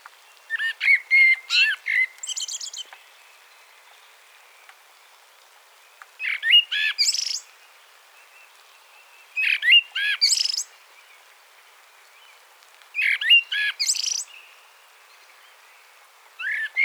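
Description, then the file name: Common blackbird singing short phrases at intervals of a few seconds, mellow whistled notes breaking into thin, high chattering flourishes. "Turdus merula"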